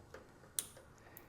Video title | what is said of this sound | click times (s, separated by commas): Tesla Rear Trunk LED Spoiler Lip Wing for Model 3 & Y from Tlyard - Is it WORTH IT??? | you'll hear it actually snap in place. I don't know if you could hear that. | 0.6 s